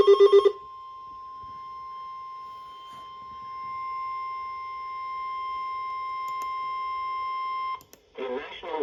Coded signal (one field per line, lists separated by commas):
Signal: Emergency Alert System (SAME) tones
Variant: 1050 Hz attention tone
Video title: SEVERE T-STORM WARNING (EAS ALERT 139)